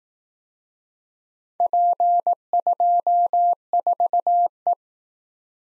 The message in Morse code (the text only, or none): P24E